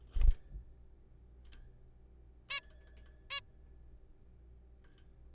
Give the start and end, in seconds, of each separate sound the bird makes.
2.50-2.60, 3.31-3.40